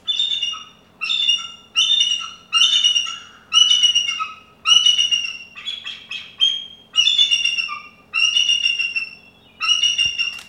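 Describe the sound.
Eagle calls: a series of high, thin chittering bursts with squeaky harmonics, each under a second long, repeated about once a second with short gaps between.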